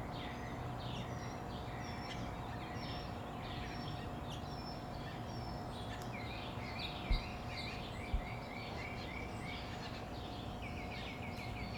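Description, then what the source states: Birds singing at dawn: many overlapping short chirps and whistled notes from several singers, with a few sharp slurred whistles, over a steady low hum. Birds at summer dawn in Phoenix, Arizona, USA.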